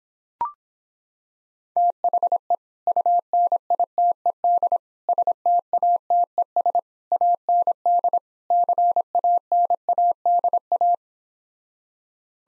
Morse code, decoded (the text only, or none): THE UNITED STATES AND CANADA